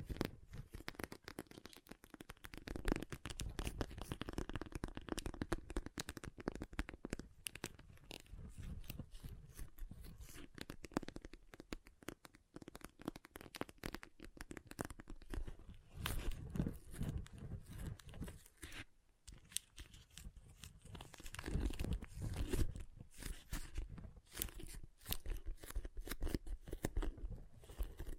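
Water beads being handled, a dense run of tiny squishing, crackling pops packed tightly together for the whole stretch. The clicks carry a soft low thump beneath them, easing off briefly around nineteen seconds before swelling again toward the end.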